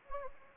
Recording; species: mosquito wingbeat signal from an infrared sensor; Anopheles gambiae